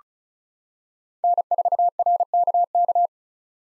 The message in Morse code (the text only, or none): N4RKK